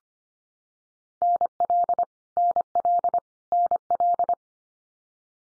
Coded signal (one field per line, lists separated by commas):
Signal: Morse code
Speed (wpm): 25 wpm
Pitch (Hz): 700 Hz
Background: none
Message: NL NL NL